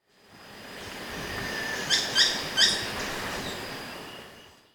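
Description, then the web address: Buff-throated tody-tyrant giving three short, sharp chip-like notes within under a second, over a steady high hiss. Ecuador, South America. "Birds of Ecuador 3. Buff-Throated Tody-Tyrant"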